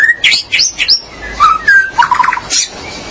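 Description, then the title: Magpie-robin or shama song: rapid, varied phrase of sharp upslurred whistles, a pure falling note and a quick burst of repeated chips. "BM Suara Burung Murai"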